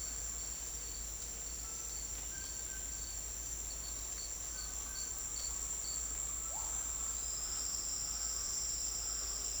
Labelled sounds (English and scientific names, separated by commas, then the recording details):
none
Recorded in dense forest near Puerto Asís, Putumayo, Colombia, on 22 December 2024 at 08:00
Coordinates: 0.485, -76.318
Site GP03